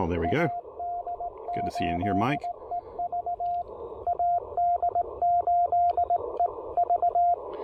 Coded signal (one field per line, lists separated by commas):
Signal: Morse code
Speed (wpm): 19 wpm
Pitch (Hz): 690 Hz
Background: speech, radio noise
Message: AD8EV AD8EV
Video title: Taking the Ten-Tec Argonaut V on a POTA field activation!